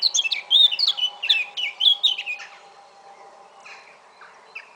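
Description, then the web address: Eurasian blackcap song: a lively warbled phrase of repeated bright chirps lasts about two and a half seconds, then fades to a few scattered soft notes. "SETE data Sylvia atricapilla"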